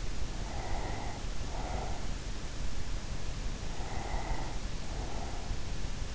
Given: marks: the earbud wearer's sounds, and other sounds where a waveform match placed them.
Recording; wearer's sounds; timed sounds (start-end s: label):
sounds in sleep by an in-ear microphone; breath
0.27-2.61 s: breath
3.84-5.67 s: breath